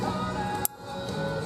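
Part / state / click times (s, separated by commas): coil harness connector into ignition coil / seated / 0.7 s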